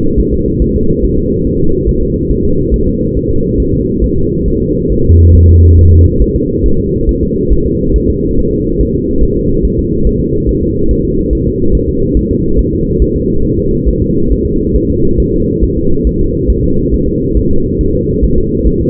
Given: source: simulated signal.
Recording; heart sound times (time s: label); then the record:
fetal heart sounds
0.20 s: S1
0.34 s: S2
0.62 s: S1
0.76 s: S2
1.05 s: S1
1.19 s: S2
1.47 s: S1
1.61 s: S2
1.89 s: S1
2.03 s: S2
2.31 s: S1
2.45 s: S2
2.74 s: S1
2.88 s: S2
3.17 s: S1
3.31 s: S2
3.60 s: S1
3.74 s: S2
4.04 s: S1
4.18 s: S2
4.48 s: S1
4.62 s: S2
4.92 s: S1
5.06 s: S2
5.35 s: S1
5.49 s: S2
5.79 s: S1
5.93 s: S2
6.22 s: S1
6.36 s: S2
6.66 s: S1
6.80 s: S2
7.09 s: S1
7.23 s: S2
7.52 s: S1
7.66 s: S2
7.96 s: S1
8.10 s: S2
8.39 s: S1
8.53 s: S2
8.81 s: S1
8.95 s: S2
9.23 s: S1
9.37 s: S2
9.65 s: S1
9.79 s: S2
10.07 s: S1
10.21 s: S2
10.49 s: S1
10.63 s: S2
10.91 s: S1
11.05 s: S2
11.33 s: S1
11.47 s: S2
11.75 s: S1
11.89 s: S2
12.17 s: S1
12.31 s: S2
12.59 s: S1
12.73 s: S2
13.02 s: S1
13.16 s: S2
13.45 s: S1
13.59 s: S2
13.88 s: S1
14.02 s: S2
14.32 s: S1
14.46 s: S2
14.76 s: S1
14.90 s: S2
15.20 s: S1
15.34 s: S2
15.64 s: S1
15.78 s: S2
16.07 s: S1
16.21 s: S2
16.50 s: S1
16.64 s: S2
16.94 s: S1
17.08 s: S2
17.37 s: S1
17.51 s: S2
17.81 s: S1
17.95 s: S2
18.24 s: S1
18.38 s: S2
18.67 s: S1
18.81 s: S2
From the record:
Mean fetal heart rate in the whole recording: 140 bpm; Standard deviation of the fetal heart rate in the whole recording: 2 bpm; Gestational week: 34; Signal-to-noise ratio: -16.4 dB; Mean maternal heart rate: 72 bpm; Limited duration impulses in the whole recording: present